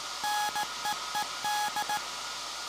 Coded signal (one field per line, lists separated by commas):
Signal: Morse code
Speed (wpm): 16 wpm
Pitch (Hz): 840 Hz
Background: none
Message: NEED